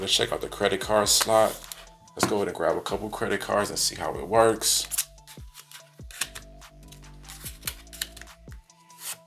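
Someone talks while handling a Spigen Slim Armor CS plastic wallet case for a Galaxy S22 Ultra, grabbing a couple of credit cards for its hidden card compartment, with music playing underneath. Short taps and rattles of cards and plastic follow. The card slot's sliding door has not clicked shut yet.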